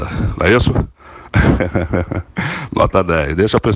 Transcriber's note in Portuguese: risos